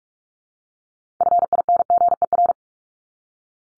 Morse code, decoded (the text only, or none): FINGER